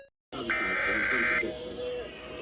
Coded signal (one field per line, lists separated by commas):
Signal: Emergency Alert System (SAME) tones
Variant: header bursts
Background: speech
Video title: Morning Monthlies - EAS Tests From 2/21/25 (EAS #3381-3389)